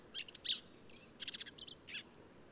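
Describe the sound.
Black-capped vireo with a quick string of soft, blurred chattering notes, several short bursts in a row over steady hiss.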